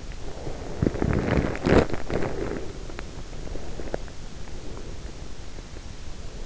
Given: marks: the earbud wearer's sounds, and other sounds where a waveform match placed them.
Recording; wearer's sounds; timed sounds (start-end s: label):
sounds in sleep by an in-ear microphone; body movement, breath
0.18-2.87 s: body movement
3.37-5.78 s: breath